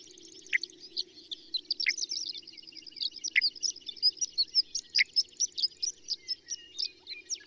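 Bird song: high chirping builds into steady, lively quick tweets, with a few lower downward-swept notes cutting through.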